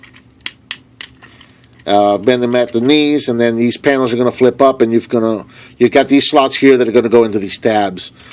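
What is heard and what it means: The plastic legs of a Transformers Generations Combiner Wars Motormaster/Menasor transforming robot figure are rotated up at the hip ratchet joints, producing three sharp clicks at 0.5, 0.7 and 1.0 seconds as each joint ratchets into position. After the clicks, someone talks.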